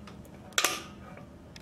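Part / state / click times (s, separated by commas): antenna feed into reflector/radio assembly / seated / 0.6 s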